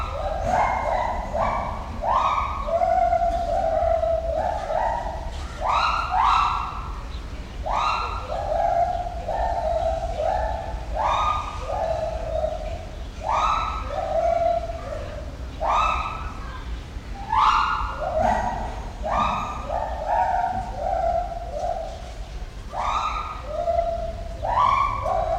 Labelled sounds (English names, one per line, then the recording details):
Pileated Gibbon
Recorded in captivity
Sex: pair
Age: adult
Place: Zoo Berlin, Berlin, DE
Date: 1993-07-17 10:57
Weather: 20-22 °C, heiter-wolkig
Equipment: Marantz CP 430, Sennheiser ME 80, Kopie Uher Variocord 263
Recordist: Tembrock, Günter